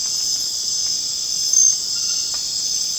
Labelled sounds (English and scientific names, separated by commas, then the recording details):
none
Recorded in secondary vegetation near Puerto Asís, Putumayo, Colombia, on 27 June 2025 at 19:30
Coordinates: 0.484, -76.319
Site G074